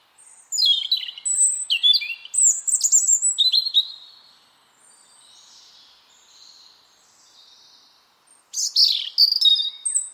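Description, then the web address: Bird singing bright twittering phrases with sweeping whistles and fast trills, a pause of about four seconds, then another burst of chirps at the end. "Deverinetal 2025"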